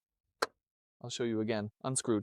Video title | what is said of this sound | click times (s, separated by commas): MERCEDES-BENZ Vito – How to Find the Engine Oil Filler Cap | you can see, we can screw it on and we get that click. | 0.4 s